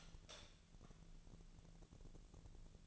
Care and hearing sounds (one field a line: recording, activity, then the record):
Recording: daily activity, microphone in the room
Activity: light on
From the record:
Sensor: 4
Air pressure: 1000.9 hPa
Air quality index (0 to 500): 127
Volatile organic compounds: 1 ppm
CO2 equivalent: 955 ppm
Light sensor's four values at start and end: 37/90/38/41 and 40/100/41/46